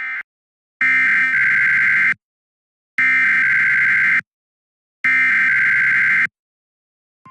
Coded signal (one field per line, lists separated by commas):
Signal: Emergency Alert System (SAME) tones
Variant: header bursts